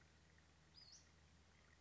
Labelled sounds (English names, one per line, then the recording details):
Western Flycatcher
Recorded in Sonoma County, California